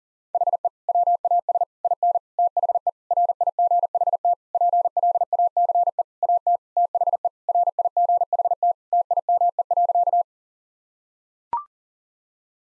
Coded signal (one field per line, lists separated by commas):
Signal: Morse code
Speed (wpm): 40 wpm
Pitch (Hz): 700 Hz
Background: none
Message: HE WAS IN THE RIGHT PLACE AT THE RIGHT TIME.